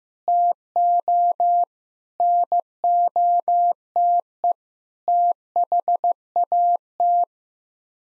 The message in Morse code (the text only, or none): TO NOTE THAT